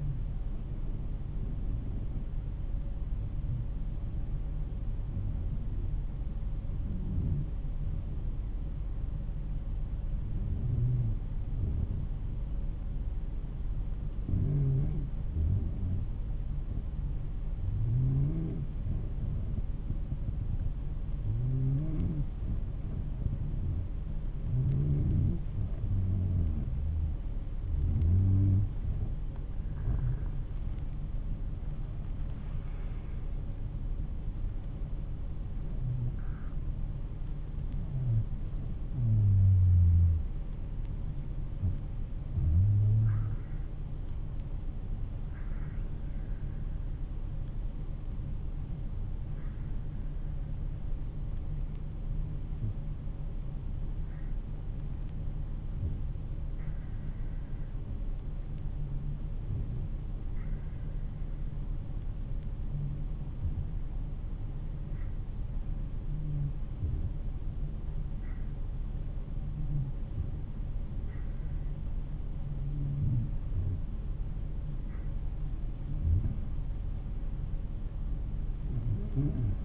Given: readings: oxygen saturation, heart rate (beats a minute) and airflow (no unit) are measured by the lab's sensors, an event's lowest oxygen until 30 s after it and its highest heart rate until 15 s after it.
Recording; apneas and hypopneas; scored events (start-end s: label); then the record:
breathing in sleep by a smartphone at the bedside; 1
3.00-33.30 s: hypopnea (N2, oxygen 96% highest, then 92% lowest, heart rate 49 at the start, 60 highest)
24.00-54.00 s: new sleep stage, N1 (lightest sleep)
54.00-79.65 s: new sleep stage, N2 (light sleep)
From the record:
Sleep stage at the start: N2 (light sleep); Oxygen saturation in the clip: 92 to 96%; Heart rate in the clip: 49 to 60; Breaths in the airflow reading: 24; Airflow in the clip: -14.5 to 12.6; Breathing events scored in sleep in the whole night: 388 in 6.5 hours asleep